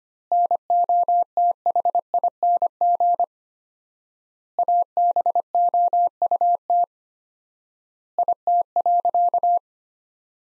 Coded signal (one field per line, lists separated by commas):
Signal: Morse code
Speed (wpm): 25 wpm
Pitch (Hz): 700 Hz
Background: none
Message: NOTHING ABOUT IT.